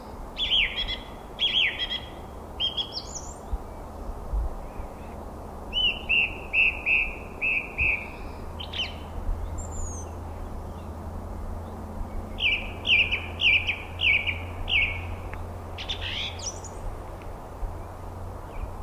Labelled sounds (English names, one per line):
Song Thrush song